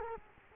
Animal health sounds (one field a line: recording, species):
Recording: mosquito wingbeat signal from an infrared sensor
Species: Culex quinquefasciatus